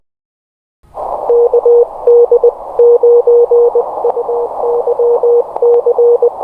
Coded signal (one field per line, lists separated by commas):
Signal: Morse code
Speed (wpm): 21 wpm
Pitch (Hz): 480 Hz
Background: none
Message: KD9UYC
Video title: LISTEN AND COPY MORSE CODE WITH #KQ3Q